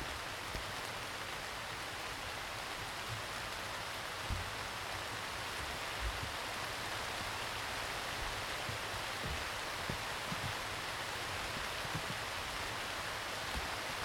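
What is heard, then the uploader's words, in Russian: Thunderstorm rain pours down in a steady, dense hiss, with soft low thumps of drops landing every few seconds throughout. Гроза.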